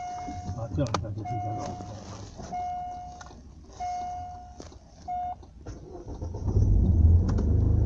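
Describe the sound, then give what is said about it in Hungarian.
A car approaches, its low engine rumble swelling loudly toward the end, after a stretch of repeated steady high-pitched tonal beeps and faint background voices. “Itt jön egy új autó.”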